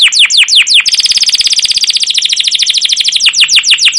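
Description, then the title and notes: Canary song: spaced descending chirps leading into a quick, dense rolling trill that slows again into separate chirps near the end. Caged canary song used as a lure to stimulate and tutor young canaries learning sounds; style described as cuit cuit, ngerol, gacor panjang (long continuous rolling chirps). "CUIT CUIT NGEROL LANGSUNG GACOR PANJANG Kenari Ini AMPUH Utk Pancingan KENAR. PANCINGAN Kenari GACOR PANJANG Cuit CUIT EMOSI ini AMPUH utk MASTERAN Kenari PAUD belajar BUNYI. burung kenari"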